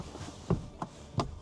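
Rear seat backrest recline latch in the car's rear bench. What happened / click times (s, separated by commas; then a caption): The seatback recline latch clicked into successive detents / 0.5 s, 0.8 s, 1.2 s. The rear seat backrest of a 2026 Genesis GV60 facelift's rear bench is pushed back from its first locked angle through its recline positions to fully back. Three short clicks at 0.5, 0.8 and 1.2 seconds mark the recline latch seating into each detent. The last click is the loudest.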